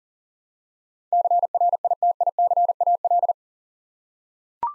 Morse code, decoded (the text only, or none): CRITICAL